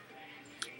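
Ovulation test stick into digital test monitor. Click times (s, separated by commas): 0.6 s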